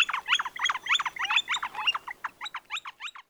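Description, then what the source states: Flicker giving a fast rhythmic series of many short notes, a flicka-flicka call. Call described as a sort of 'flicka, flicka, flicka'; the bird's English name comes from this sound.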